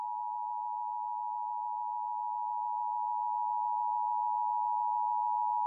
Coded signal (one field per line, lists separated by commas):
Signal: Emergency Alert System (SAME) tones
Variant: 853 and 960 Hz attention tone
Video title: Two Days Before Fireworks Tests (EAS #20044-20055) 7/2/24